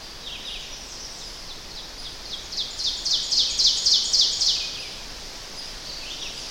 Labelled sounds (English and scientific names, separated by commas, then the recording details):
Ovenbird (Seiurus aurocapilla) song
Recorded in boreal forest in Alberta, Canada, on 10 June 2016 at 06:54
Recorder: SongMeter 3, array SBT-3-39
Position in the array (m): 195 m, 89 m
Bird 17